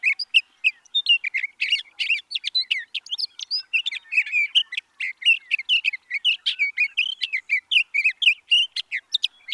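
Sage thrasher delivering a long, fast warbling song of mixed chirps, trills and whistled phrases, sustained without a break.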